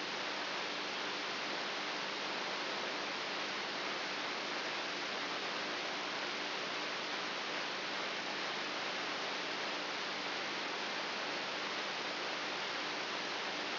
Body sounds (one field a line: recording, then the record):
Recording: brain microelectrode recording played as sound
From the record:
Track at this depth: inside the subthalamic nucleus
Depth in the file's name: 1.24 mm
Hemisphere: right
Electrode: 3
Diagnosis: Parkinson's disease